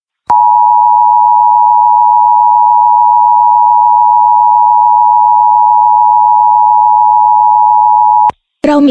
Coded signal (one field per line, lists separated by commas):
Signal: Emergency Alert System (SAME) tones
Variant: 853 and 960 Hz attention tone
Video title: The Awakening EAS Scenario Unofficial Epilogue (Nuclear War) : The Full Series